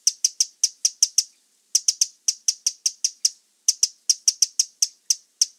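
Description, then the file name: Eurasian wren giving hard, high tick notes in quick runs of several notes, separated by short pauses. "Troglodytes troglodytes"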